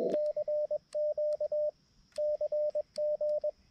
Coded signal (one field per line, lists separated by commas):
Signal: Morse code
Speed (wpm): 21 wpm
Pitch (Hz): 600 Hz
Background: radio noise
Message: CQ CG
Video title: Ugly CW POTA at K-5221 with my new BaMaTech TP-III key and trusty old Xiegu G90